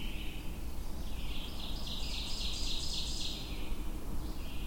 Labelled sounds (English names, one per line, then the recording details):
Ovenbird song
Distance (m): 45 m
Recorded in boreal forest in Alberta, Canada, on 22 June 2016 at 06:53
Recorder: SongMeter 3, array SBT-6-76
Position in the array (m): 25 m, 128 m
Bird 2